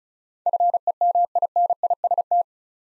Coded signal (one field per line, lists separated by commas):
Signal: Morse code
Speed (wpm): 36 wpm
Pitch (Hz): 700 Hz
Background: none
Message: FEMINIST